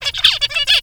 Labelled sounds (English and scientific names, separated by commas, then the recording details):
Zebra Finch (Taeniopygia guttata) song
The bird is a male
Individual mal1